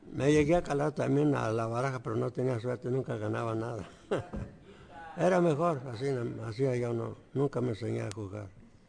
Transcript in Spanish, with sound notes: me llegué a calar también a la baraja, pero no tenía suerte, nunca ganaba nada. (risas) Era mejor así, así ya no, nunca me enseñé a jugar.